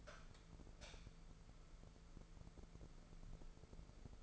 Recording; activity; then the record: daily activity, microphone in the room; light on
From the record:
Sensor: 5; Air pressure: 1014.7 hPa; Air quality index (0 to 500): 155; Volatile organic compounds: 5 ppm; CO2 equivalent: 1709 ppm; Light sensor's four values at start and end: 104/249/104/111 and 87/211/87/92